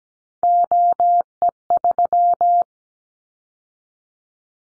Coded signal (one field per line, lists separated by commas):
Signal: Morse code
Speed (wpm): 17 wpm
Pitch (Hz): 700 Hz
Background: none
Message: OE3